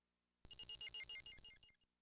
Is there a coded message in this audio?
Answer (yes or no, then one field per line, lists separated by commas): no